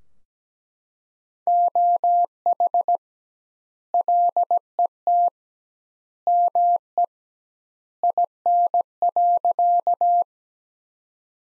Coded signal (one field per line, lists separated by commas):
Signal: Morse code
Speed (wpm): 17 wpm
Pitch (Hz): 700 Hz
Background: none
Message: OH LET ME IN.